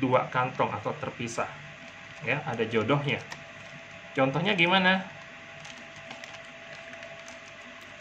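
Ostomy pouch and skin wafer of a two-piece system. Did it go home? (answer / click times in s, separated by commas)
no / none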